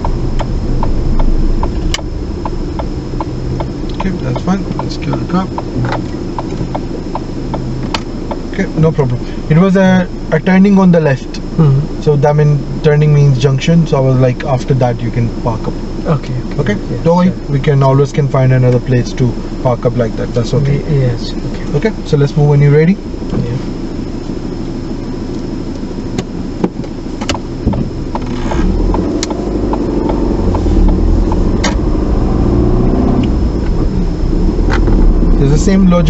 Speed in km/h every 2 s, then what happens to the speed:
8, 3, 0, 0, 0, 0, 0, 0, 0, 0, 0, 0, 0, 0, 6, 15, 13, 19.
0-3 slows to 0. 3-27 standing. 27-36 pulls away to 19.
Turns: none.